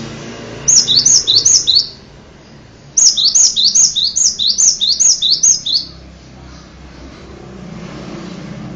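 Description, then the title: Bird song: a short burst and then a longer run of high, rapid, falling whistled notes, about a dozen in the second phrase. "kikicau"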